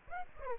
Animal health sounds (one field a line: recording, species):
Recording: mosquito wingbeat signal from an infrared sensor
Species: Aedes aegypti